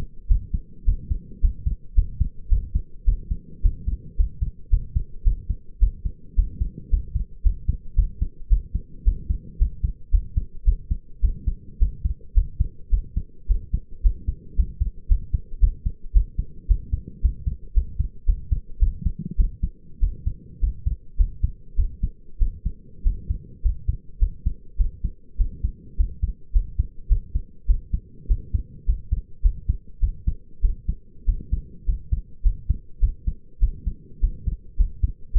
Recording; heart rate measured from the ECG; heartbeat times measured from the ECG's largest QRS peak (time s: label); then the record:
heart sounds by stethoscope; 106 bpm
0.29 s: heartbeat
0.86 s: heartbeat
1.42 s: heartbeat
1.95 s: heartbeat
2.50 s: heartbeat
3.06 s: heartbeat
3.63 s: heartbeat
4.17 s: heartbeat
4.70 s: heartbeat
5.24 s: heartbeat
5.80 s: heartbeat
6.36 s: heartbeat
6.90 s: heartbeat
7.43 s: heartbeat
7.96 s: heartbeat
8.49 s: heartbeat
9.05 s: heartbeat
9.59 s: heartbeat
10.11 s: heartbeat
10.65 s: heartbeat
11.21 s: heartbeat
11.79 s: heartbeat
12.34 s: heartbeat
12.91 s: heartbeat
13.48 s: heartbeat
14.03 s: heartbeat
14.56 s: heartbeat
15.08 s: heartbeat
15.60 s: heartbeat
16.13 s: heartbeat
16.68 s: heartbeat
17.22 s: heartbeat
17.74 s: heartbeat
18.26 s: heartbeat
18.80 s: heartbeat
19.37 s: heartbeat
20.00 s: heartbeat
20.61 s: heartbeat
21.17 s: heartbeat
21.76 s: heartbeat
22.39 s: heartbeat
23.03 s: heartbeat
23.62 s: heartbeat
24.19 s: heartbeat
24.77 s: heartbeat
25.37 s: heartbeat
25.97 s: heartbeat
26.53 s: heartbeat
27.08 s: heartbeat
27.67 s: heartbeat
28.28 s: heartbeat
28.86 s: heartbeat
29.42 s: heartbeat
30.00 s: heartbeat
30.61 s: heartbeat
31.26 s: heartbeat
31.86 s: heartbeat
32.43 s: heartbeat
33.00 s: heartbeat
33.60 s: heartbeat
34.20 s: heartbeat
34.77 s: heartbeat
35.33 s: heartbeat
From the record:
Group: healthy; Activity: rest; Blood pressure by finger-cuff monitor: 118/60 mmHg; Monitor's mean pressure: 78 mmHg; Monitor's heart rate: 108 bpm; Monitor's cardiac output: 8.5 L/min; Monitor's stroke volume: 80 mL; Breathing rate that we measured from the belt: 22 breaths a minute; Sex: male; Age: 22 years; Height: 181 cm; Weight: 60 kg